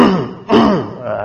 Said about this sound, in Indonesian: Ya, berdehem.